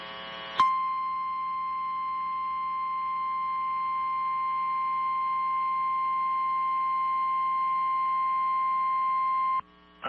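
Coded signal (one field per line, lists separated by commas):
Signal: Emergency Alert System (SAME) tones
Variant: 1050 Hz attention tone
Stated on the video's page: Real EAS alerts from a severe weather day, including relays from Missoula, Butte and Great Falls.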